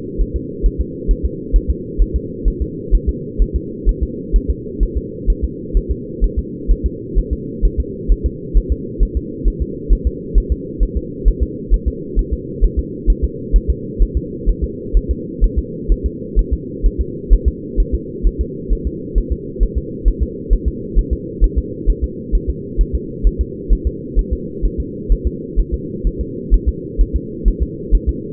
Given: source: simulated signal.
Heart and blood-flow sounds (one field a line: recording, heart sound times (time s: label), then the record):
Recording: fetal heart sounds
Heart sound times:
0.22 s: S1
0.36 s: S2
0.66 s: S1
0.81 s: S2
1.11 s: S1
1.25 s: S2
1.56 s: S1
1.70 s: S2
2.02 s: S1
2.16 s: S2
2.48 s: S1
2.62 s: S2
2.95 s: S1
3.09 s: S2
3.42 s: S1
3.56 s: S2
3.89 s: S1
4.03 s: S2
4.36 s: S1
4.50 s: S2
4.83 s: S1
4.97 s: S2
5.30 s: S1
5.44 s: S2
5.77 s: S1
5.91 s: S2
6.24 s: S1
6.39 s: S2
6.72 s: S1
6.86 s: S2
7.19 s: S1
7.33 s: S2
7.65 s: S1
7.80 s: S2
8.12 s: S1
8.26 s: S2
8.57 s: S1
8.72 s: S2
9.03 s: S1
9.17 s: S2
9.48 s: S1
9.62 s: S2
9.93 s: S1
10.07 s: S2
10.38 s: S1
10.52 s: S2
10.83 s: S1
10.97 s: S2
11.28 s: S1
11.43 s: S2
11.74 s: S1
11.88 s: S2
12.19 s: S1
12.33 s: S2
12.64 s: S1
12.79 s: S2
13.10 s: S1
13.24 s: S2
13.56 s: S1
13.70 s: S2
14.03 s: S1
14.17 s: S2
14.49 s: S1
14.64 s: S2
14.97 s: S1
15.11 s: S2
15.44 s: S1
15.59 s: S2
15.92 s: S1
16.06 s: S2
16.39 s: S1
16.53 s: S2
16.86 s: S1
17.01 s: S2
17.33 s: S1
17.48 s: S2
17.80 s: S1
17.95 s: S2
18.27 s: S1
18.41 s: S2
18.73 s: S1
18.87 s: S2
19.18 s: S1
19.32 s: S2
19.63 s: S1
19.78 s: S2
20.08 s: S1
20.23 s: S2
20.53 s: S1
20.68 s: S2
20.99 s: S1
21.13 s: S2
21.44 s: S1
21.58 s: S2
21.90 s: S1
22.04 s: S2
22.35 s: S1
22.50 s: S2
22.81 s: S1
22.95 s: S2
23.27 s: S1
23.41 s: S2
23.73 s: S1
23.87 s: S2
24.19 s: S1
24.33 s: S2
24.65 s: S1
24.80 s: S2
25.12 s: S1
25.27 s: S2
25.60 s: S1
25.74 s: S2
26.07 s: S1
26.21 s: S2
26.54 s: S1
26.69 s: S2
27.01 s: S1
27.16 s: S2
27.48 s: S1
27.63 s: S2
27.95 s: S1
28.09 s: S2
From the record:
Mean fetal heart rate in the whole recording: 130 bpm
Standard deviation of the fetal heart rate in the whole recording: 2 bpm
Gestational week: 36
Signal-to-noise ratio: -4.1 dB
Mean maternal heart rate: no maternal heart sound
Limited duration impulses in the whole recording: absent